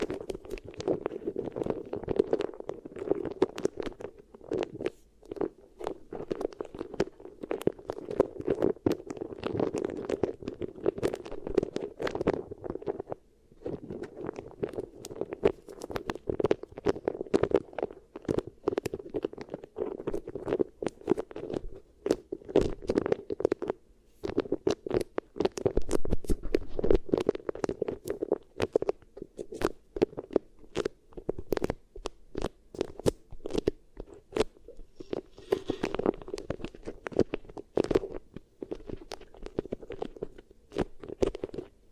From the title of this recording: Really Nice Beeswax Ear Triggers